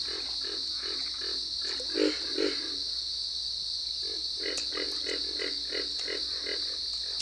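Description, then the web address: Pig frog grunts: low, pulsed notes repeated in quick series, over a steady high insect drone. Eastern North America. "Wildlife Identification By Sound, Eastern North America Pt 2. Pig Frog"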